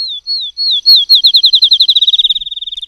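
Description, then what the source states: Field sparrow song: a few slow slurred whistles, then notes speeding up into a fast even trill, like a coin spinning down. Meadow bird; song likened to a coin spinning down on a tabletop.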